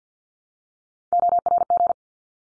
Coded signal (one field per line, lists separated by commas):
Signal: Morse code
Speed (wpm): 50 wpm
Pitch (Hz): 700 Hz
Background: none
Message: ORG